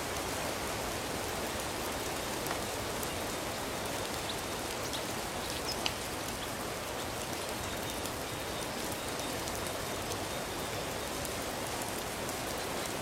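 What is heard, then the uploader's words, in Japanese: Rain falls steadily, a dense, even hiss that holds at the same level for the whole stretch. Sharper drop ticks and patters scatter through it, with a slightly more distinct tap near the six-second mark. 雨の降る音。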